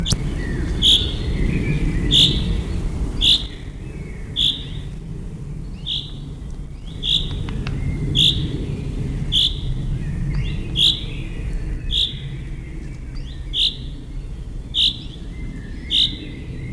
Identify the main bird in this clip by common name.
Common Chaffinch